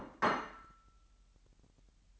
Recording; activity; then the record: daily activity, microphone in the room; place plate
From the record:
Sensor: 3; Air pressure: 1002.0 hPa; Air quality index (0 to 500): 247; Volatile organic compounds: 51 ppm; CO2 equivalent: 3306 ppm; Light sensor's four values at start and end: 12/36/16/13 and 12/37/16/13